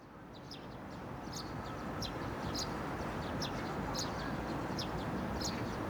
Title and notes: 대한민국 서울특별시 서초구 양재동 261-23-Yangjaecheon, Summer, Bus, Sparrow. Yangjaecheon Stream, Summer, Monsoon, Sparrow, vehicle passing by 양재천, 여름, 장마철, 참새